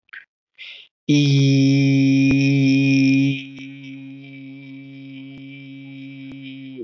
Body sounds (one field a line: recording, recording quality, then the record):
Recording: sustained vowel as in beet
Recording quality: excellent, no background noise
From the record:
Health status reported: COVID-19 positive, moderate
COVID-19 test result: positive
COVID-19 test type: RT-PCR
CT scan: not taken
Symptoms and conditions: cough, cold, sore throat, fever, fatigue, muscle pain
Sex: male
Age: 25 years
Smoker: no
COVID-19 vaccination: both doses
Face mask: not worn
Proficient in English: yes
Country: India